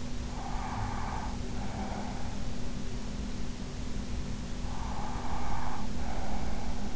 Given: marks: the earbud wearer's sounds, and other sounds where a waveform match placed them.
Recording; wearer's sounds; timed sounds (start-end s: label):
sounds in sleep by an in-ear microphone; breath
0.34-2.46 s: breath
4.51-6.96 s: breath